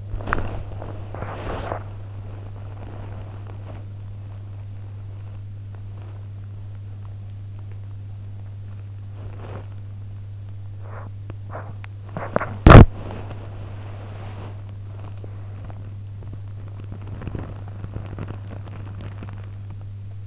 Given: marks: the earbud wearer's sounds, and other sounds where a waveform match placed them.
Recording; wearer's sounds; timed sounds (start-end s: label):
sounds in sleep by an in-ear microphone; body movement, teeth grinding
0.00-4.53 s: body movement
8.88-10.28 s: body movement
10.28-12.15 s: teeth grinding
12.21-19.58 s: body movement